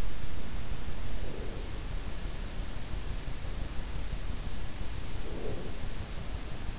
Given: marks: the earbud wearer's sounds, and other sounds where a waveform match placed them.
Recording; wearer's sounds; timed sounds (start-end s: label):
sounds in sleep by an in-ear microphone; breath
0.75-2.25 s: breath
4.78-6.18 s: breath